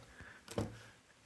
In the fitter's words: put it in here and when we can hear a click it means that we have interlocked it correctly